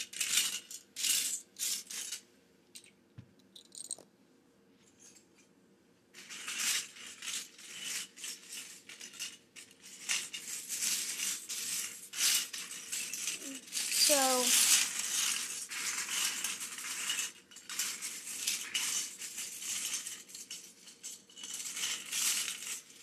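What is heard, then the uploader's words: Small plastic pieces rattle and clatter as a building set is put together, with bursts of sifting and shuffling through loose bricks. The first seconds are sparse with short clicks, then from about six seconds the rummaging turns dense and continuous. A brief rising squeak comes near fourteen seconds. Building a Lego set.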